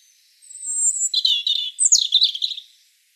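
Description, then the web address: European robin song phrase: a long thin whistle followed by rapid rising and falling warbled notes and a brief trilled flourish, otherwise quiet. "SETE data Erithacus rubecula"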